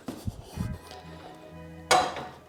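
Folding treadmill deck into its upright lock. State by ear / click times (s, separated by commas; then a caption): seated / 1.9 s. The back of a Mobvoi Home Treadmill Incline deck, made of metal and plastic, is lifted to fold it upright into its hydraulic fold mechanism. A few small knocks and rattles come over a steady low hum. At 1.9 s a sharp, loud hit rings out as the fold lock engages and the deck seats in place.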